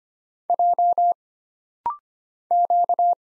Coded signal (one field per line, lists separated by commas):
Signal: Morse code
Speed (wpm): 25 wpm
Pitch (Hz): 700 Hz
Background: none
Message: J Q